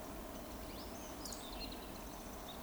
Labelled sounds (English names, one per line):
Eurasian Woodcock whistle